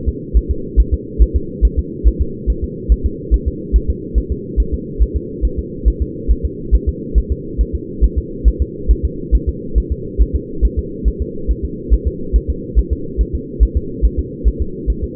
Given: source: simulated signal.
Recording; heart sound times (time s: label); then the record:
fetal heart sounds
0.09 s: S2
0.37 s: S1
0.51 s: S2
0.80 s: S1
0.94 s: S2
1.22 s: S1
1.36 s: S2
1.65 s: S1
1.79 s: S2
2.08 s: S1
2.22 s: S2
2.50 s: S1
2.64 s: S2
2.92 s: S1
3.06 s: S2
3.34 s: S1
3.48 s: S2
3.76 s: S1
3.90 s: S2
4.18 s: S1
4.32 s: S2
4.60 s: S1
4.74 s: S2
5.02 s: S1
5.16 s: S2
5.45 s: S1
5.59 s: S2
5.88 s: S1
6.02 s: S2
6.31 s: S1
6.45 s: S2
6.75 s: S1
6.89 s: S2
7.18 s: S1
7.32 s: S2
7.61 s: S1
7.75 s: S2
8.04 s: S1
8.18 s: S2
8.48 s: S1
8.62 s: S2
8.91 s: S1
9.05 s: S2
9.35 s: S1
9.49 s: S2
9.78 s: S1
9.92 s: S2
10.22 s: S1
10.36 s: S2
10.65 s: S1
10.79 s: S2
11.08 s: S1
11.22 s: S2
11.51 s: S1
11.65 s: S2
11.94 s: S1
12.08 s: S2
12.36 s: S1
12.50 s: S2
12.79 s: S1
12.93 s: S2
13.21 s: S1
13.35 s: S2
13.63 s: S1
13.77 s: S2
14.05 s: S1
14.19 s: S2
14.48 s: S1
14.62 s: S2
14.90 s: S1
15.04 s: S2
From the record:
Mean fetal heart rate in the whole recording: 140 bpm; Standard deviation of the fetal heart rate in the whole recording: 2 bpm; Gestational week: 34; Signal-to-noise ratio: -4.3 dB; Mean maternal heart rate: 72 bpm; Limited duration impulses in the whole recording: absent